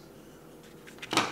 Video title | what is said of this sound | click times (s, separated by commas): ORION FX Magazine | easy there and then the cover just snaps back into place | 1.2 s